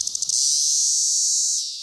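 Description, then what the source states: Brood X periodical cicada: a continuous, high, hissing buzz that holds steady, with a few quick pulses at the start. Brood X cicadas, singing across parts of the U.S. after 17 years underground.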